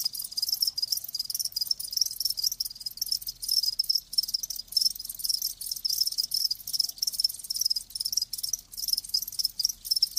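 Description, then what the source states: Crickets chirping, high thin trills repeated rapidly and overlapping into a near-continuous chorus with brief dips. Live crickets chirping in a lulling song, as a sleep sound.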